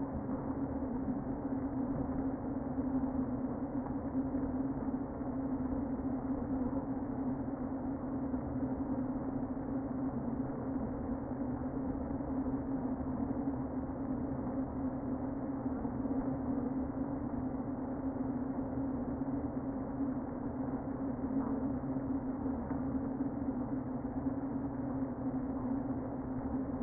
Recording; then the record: honeybee colony, microphone inside the hive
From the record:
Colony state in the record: queen present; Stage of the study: before two queens were removed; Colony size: about 60,000 bees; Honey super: yes